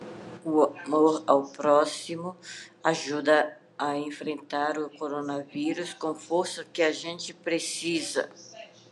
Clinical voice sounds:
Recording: spoken sentence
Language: Brazilian Portuguese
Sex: female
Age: 50 to 59 years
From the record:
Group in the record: control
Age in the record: 53 years

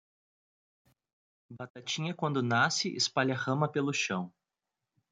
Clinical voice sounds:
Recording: short text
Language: Brazilian Portuguese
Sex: male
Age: 30 to 39 years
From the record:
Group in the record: control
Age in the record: 33 years

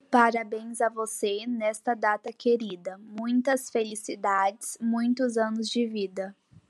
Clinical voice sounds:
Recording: short text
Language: Brazilian Portuguese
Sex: female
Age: 18 to 19 years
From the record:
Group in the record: control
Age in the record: 19 years

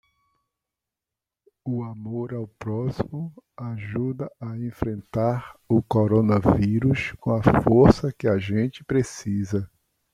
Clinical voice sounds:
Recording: spoken sentence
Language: Brazilian Portuguese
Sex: male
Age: 50 to 59 years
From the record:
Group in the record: control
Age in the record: 59 years

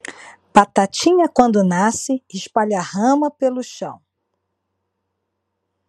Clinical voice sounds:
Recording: short text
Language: Brazilian Portuguese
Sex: female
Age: 50 to 59 years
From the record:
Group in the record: control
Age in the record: 52 years

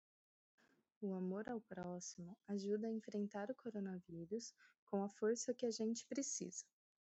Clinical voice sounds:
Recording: spoken sentence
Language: Brazilian Portuguese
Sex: female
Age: 30 to 39 years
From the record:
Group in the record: control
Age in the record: 30 years

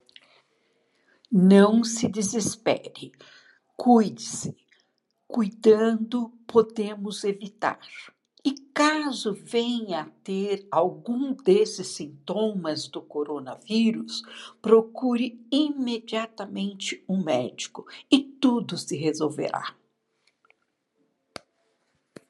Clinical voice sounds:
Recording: short text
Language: Brazilian Portuguese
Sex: female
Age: 60 to 69 years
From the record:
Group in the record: control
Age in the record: 69 years

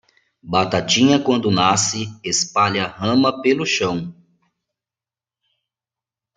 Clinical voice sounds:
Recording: short text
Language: Brazilian Portuguese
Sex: male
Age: 40 to 49 years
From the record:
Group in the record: control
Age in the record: 40 years

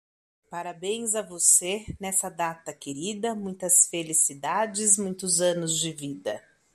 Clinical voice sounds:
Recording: short text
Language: Brazilian Portuguese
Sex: female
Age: 40 to 49 years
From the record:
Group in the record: control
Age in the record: 49 years

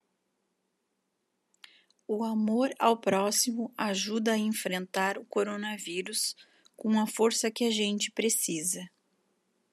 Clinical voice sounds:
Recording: spoken sentence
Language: Brazilian Portuguese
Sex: female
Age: 40 to 49 years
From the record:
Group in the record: control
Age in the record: 42 years

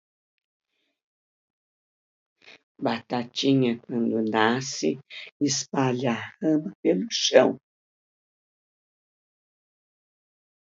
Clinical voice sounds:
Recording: short text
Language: Brazilian Portuguese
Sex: female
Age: 70 to 79 years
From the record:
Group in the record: control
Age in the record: 79 years

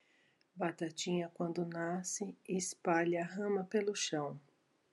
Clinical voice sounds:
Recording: short text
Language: Brazilian Portuguese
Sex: female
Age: 50 to 59 years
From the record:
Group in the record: control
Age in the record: 55 years

